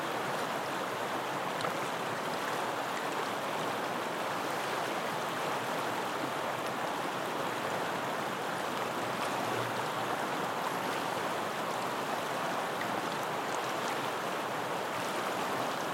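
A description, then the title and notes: A river flows steadily, its rushing water forming a dense, unbroken wash that stays even from start to finish. The sound is full, strongest in the middle and upper range, with fine splashing and gurgling detail and little low rumble. River flowing sounds recorded in Langevin, La Reunion. Recorded by Marcel Gnauk. Flowing waters, La Reunion.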